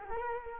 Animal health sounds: mosquito wingbeat signal from an infrared sensor; Culex quinquefasciatus

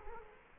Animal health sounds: mosquito wingbeat signal from an infrared sensor; Culex quinquefasciatus

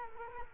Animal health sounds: mosquito wingbeat signal from an infrared sensor; Culex quinquefasciatus

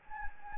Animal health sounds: mosquito wingbeat signal from an infrared sensor; Anopheles gambiae

